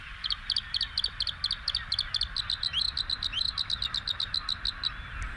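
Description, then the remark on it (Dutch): A bird sings a fast, high-pitched song of rapid repeated trills and rolling notes, opening with an insect-like buzzing series, steady and fairly loud with no talking. “Een soort krekel in het begin. Ja, dus hij heeft allemaal van die supersonische trillers en rollertjes. Dus dat is onderdeel van de zang.”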